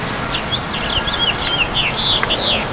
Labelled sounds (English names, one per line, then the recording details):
House Finch song
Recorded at Bay Shore on Long Island, New York, on 29 May 2013
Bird E